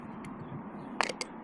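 With the lower frame already removed for a lens swap, the plastic lens on a pair of OutdoorMaster PHOENIX X ZEISS sport sunglasses is popped out of its frame over a quiet, steady background. A sharp snap at 1.0 s releases the lens, followed by smaller clicks at about 1.1 s and 1.2 s, with a faint tick near 0.3 s beforehand.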